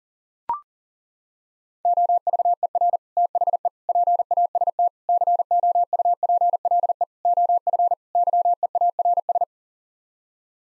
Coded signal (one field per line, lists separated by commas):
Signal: Morse code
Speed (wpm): 40 wpm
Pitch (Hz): 700 Hz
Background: none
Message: OVER THE PAST COUPLE OF YEARS